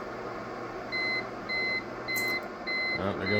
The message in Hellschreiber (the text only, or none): none